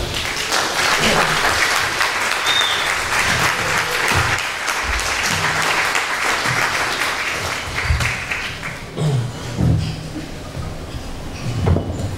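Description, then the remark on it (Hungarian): A crowd at an evening event applauds to welcome Puzsér Róbert, steadily for about twelve seconds, a dense, even wash of clapping with a few brief low thumps and a voice briefly rising near the end. “úgyhogy el is kezdjük az estét, és köszöntsük nagy-nagy szeretettel és nagy tapsal Puzsé Róbertet.”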